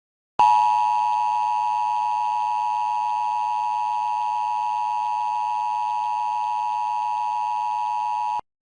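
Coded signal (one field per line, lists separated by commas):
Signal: Emergency Alert System (SAME) tones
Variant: 853 and 960 Hz attention tone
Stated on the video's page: Required monthly EAS tests from New Jersey and Pennsylvania, received off air.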